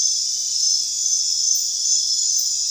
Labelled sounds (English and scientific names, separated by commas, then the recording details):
none
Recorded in secondary vegetation near Puerto Asís, Putumayo, Colombia, on 23 June 2025 at 23:00
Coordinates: 0.498, -76.327
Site GP09